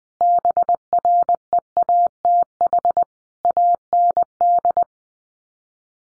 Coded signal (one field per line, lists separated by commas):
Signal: Morse code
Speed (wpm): 20 wpm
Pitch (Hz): 700 Hz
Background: none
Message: BREATH AND